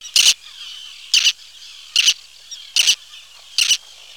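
Roseate tern giving short, high, harsh calls, often doubled, repeated about once a second over a faint steady background hiss.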